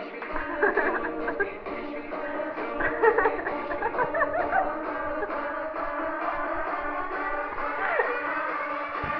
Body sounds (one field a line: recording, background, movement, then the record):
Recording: laughter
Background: music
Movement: sitting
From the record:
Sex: female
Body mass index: 18.3 kg/m2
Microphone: on the chest, facing the body